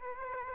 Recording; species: mosquito wingbeat signal from an infrared sensor; Aedes aegypti